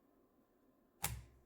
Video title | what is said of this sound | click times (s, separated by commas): Framework Laptop 13 meets Meteor Lake - unboxing, assembly, performance and impressions | it snaps right in place as it is magnetic but I still need to connect it to the motherboard | 1.0 s